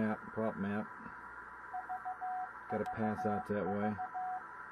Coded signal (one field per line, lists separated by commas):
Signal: Morse code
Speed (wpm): 15 wpm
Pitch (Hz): 740 Hz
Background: speech, radio noise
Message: EEE VVV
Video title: N0YK Beacon In DM98